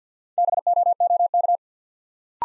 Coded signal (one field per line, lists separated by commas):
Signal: Morse code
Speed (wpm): 52 wpm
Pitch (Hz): 700 Hz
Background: none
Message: BOOK